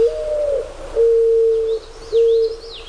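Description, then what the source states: Mourning Dove giving its low mournful coo, one slurred note and two even notes, while faint high chirps of another bird sound in the background. Pleasant, mournful cooing.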